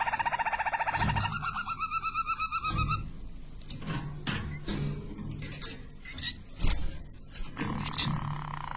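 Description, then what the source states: Harz Roller canary rolling trill for about three seconds, followed by knocks and rustling, then a brief soft roll near the end. Belgian Harz Roller canary.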